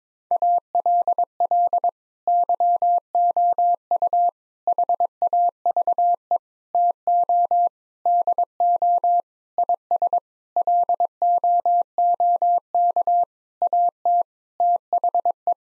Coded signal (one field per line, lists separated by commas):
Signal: Morse code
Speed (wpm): 22 wpm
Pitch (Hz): 700 Hz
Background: none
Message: ALL YOU HAVE TO DO IS LOOK AT THE